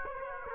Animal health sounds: mosquito wingbeat signal from an infrared sensor; Aedes aegypti

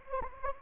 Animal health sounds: mosquito wingbeat signal from an infrared sensor; Anopheles gambiae

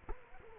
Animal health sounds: mosquito wingbeat signal from an infrared sensor; Culex quinquefasciatus

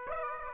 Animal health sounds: mosquito wingbeat signal from an infrared sensor; Aedes aegypti

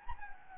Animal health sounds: mosquito wingbeat signal from an infrared sensor; Anopheles gambiae

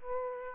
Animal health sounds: mosquito wingbeat signal from an infrared sensor; Aedes aegypti

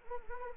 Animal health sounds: mosquito wingbeat signal from an infrared sensor; Anopheles arabiensis

